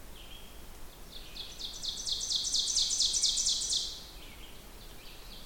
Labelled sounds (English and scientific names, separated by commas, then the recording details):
Ovenbird (Seiurus aurocapilla) song
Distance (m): 20 m
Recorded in boreal forest in Alberta, Canada, on 16 June 2016 at 08:03
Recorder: SongMeter 3, array SBT-3-32
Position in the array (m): 144 m, 26 m
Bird 36